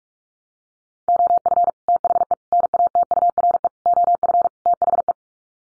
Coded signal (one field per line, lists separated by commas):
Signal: Morse code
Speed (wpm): 44 wpm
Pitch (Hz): 700 Hz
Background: none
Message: OF THE NATURE OF THE